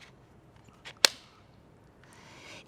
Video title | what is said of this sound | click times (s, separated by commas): Pediatric In-Hub Tutorial | push the cover up to close it and you should hear a click like this | 1.1 s